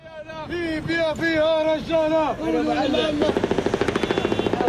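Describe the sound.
Loud, high-pitched shouting and cheering voices of Libyans celebrating the fall and death of Muammar al-Gaddafi rise and fall together, then a long burst of rapid, evenly spaced automatic gunfire fired into the air rattles out beneath the continuing crowd noise.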